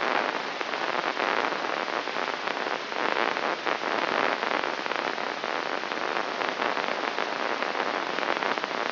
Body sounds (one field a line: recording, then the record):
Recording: brain microelectrode recording played as sound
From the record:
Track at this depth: outside the subthalamic nucleus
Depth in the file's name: 1.313 mm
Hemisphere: left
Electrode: 3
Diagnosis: Parkinson's disease